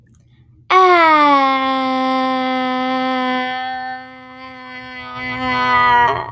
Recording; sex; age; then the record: vowel held as long as possible; female; 20 to 29 years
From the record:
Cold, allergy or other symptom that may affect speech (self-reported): no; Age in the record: 23 years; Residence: California, United States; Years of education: 16